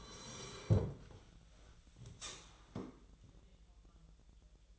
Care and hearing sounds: daily activity, microphone in the room; sit down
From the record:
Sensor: 3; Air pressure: 1001.8 hPa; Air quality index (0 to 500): 249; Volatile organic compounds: 135 ppm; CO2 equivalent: 3952 ppm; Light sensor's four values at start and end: 10/24/10/10 and 9/21/9/9

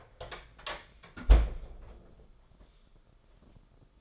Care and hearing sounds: daily activity, microphone in the room; close fridge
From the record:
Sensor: 5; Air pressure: 994.6 hPa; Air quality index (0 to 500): 192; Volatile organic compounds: 1000 ppm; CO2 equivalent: 5667 ppm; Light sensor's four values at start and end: 33/106/41/43 and 33/106/40/42

